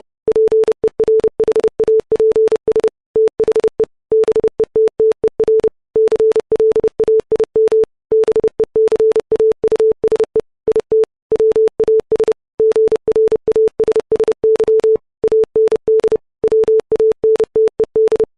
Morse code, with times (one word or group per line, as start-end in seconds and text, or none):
0.3-2.9 PERHAPS
3.2-3.8 THE
4.1-5.7 BETTER
6.0-7.8 CLAIM
8.1-10.4 BECAUSE
10.7-11.0 IT
11.3-12.3 WAS
12.6-15.0 GRASSY
15.2-16.2 AND
16.4-18.2 WANTED